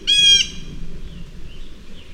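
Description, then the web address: Blue jay giving one loud, harsh, nasal call, followed by faint thin notes. "Outdoor Ed Girl Scout Blue. Jay"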